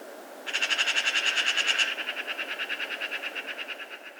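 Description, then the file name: Eurasian magpie chattering: a dry, machine-gun rattle of quick harsh notes running for nearly four seconds, louder at first, then steady, against faint background hiss. "Pica pica"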